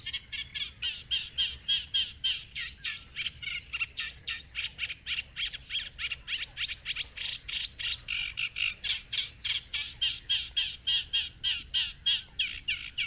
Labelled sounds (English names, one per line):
Eurasian Reed Warbler